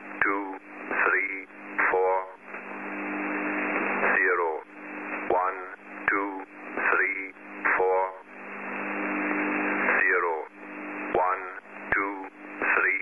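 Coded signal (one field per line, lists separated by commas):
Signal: numbers station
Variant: E06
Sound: short spoken words over shortwave radio, broken by stretches of hiss, possibly overlapping voices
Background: radio static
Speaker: now over here this is two out to sync messages that was sent from e06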